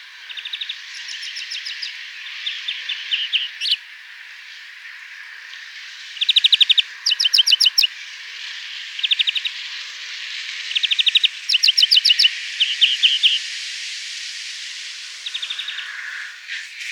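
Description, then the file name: European greenfinch calls: short, dry trilled bursts of rapid notes, repeated in irregular clusters, with brief gaps between groups, over a steady background hiss. "Chloris chloris"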